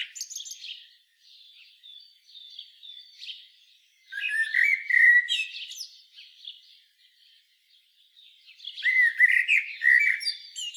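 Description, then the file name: Common blackbird singing: soft, high twittering broken by two louder, lower fluty phrases with sharp squeaky flourishes, about five seconds apart. "Turdus merula"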